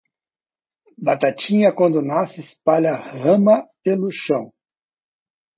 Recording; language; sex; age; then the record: short text; Brazilian Portuguese; male; 60 to 69 years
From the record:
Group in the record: control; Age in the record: 69 years